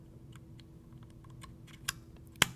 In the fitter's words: have to install that in the circuit breaker snaps